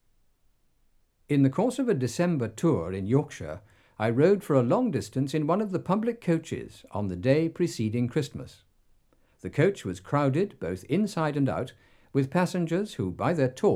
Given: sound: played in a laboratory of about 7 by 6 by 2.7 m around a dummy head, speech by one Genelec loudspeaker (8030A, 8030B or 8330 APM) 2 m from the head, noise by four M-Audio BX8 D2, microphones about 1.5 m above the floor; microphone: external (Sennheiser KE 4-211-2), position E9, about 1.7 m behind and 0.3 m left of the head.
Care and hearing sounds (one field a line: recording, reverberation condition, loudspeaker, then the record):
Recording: male speech in English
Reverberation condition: low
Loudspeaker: behind (180 degrees)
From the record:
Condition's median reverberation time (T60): about 310 ms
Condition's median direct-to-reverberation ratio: about 3.5 dB